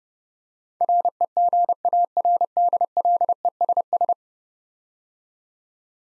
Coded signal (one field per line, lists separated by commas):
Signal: Morse code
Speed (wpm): 30 wpm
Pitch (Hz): 700 Hz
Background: none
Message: REGARDLESS